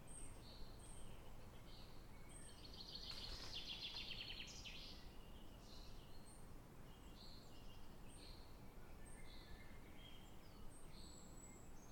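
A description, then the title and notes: Birds sing in a forest, with short high chirps and whistles scattered throughout and a denser, brighter burst of song around three to four seconds. A steady low rumble of wind or noise sits underneath, keeping the whole scene soft and even. Forest Nature Sounds Birds Singing. Relax to the calming sound of a natural forest surrounding Bothwell Castle in Scotland.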